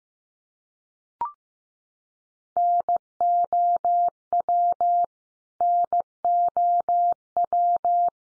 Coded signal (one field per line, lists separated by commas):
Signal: Morse code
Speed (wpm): 15 wpm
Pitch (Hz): 700 Hz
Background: none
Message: NOW NOW